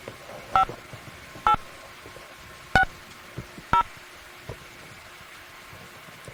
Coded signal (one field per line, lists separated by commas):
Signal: DTMF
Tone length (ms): 100 ms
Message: 5 8 6 0